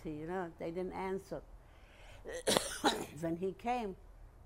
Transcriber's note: coughs